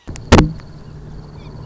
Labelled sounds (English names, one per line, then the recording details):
Red-shouldered Hawk
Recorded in Sonoma County, California